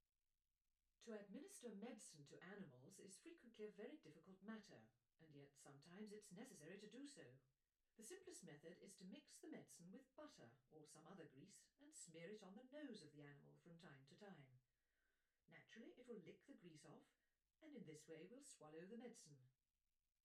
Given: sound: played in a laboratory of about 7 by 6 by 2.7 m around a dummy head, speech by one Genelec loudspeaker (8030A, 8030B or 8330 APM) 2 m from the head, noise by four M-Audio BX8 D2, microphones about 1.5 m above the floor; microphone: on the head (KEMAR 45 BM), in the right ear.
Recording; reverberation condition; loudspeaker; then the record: female speech in English; low; 60 degrees to the left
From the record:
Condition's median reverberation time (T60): about 310 ms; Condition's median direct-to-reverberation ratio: about 3.5 dB